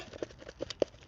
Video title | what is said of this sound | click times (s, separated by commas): Building a Sandbox | Okay, all we got to click and it's not going anywhere. | 0.8 s